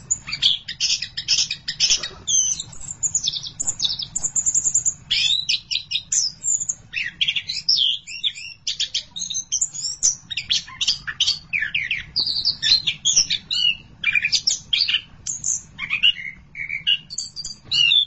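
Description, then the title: Thrush song, a fast stream of high, varied chirps and twittering phrases with hardly a pause, over a soft low background hum. "burung anis"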